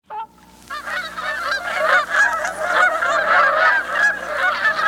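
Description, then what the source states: Canada goose flock honking, many overlapping nasal honks in a continuous clamour after a brief opening note. Flock of geese; recorded 6 October 1986.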